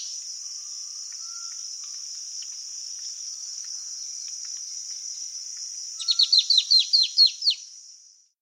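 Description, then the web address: Black-throated antbird giving a short, rapid run of several down-slurred notes near the end, over a continuous high-pitched insect buzz. South America. "Natures Songs S America Black-Throated Antbird"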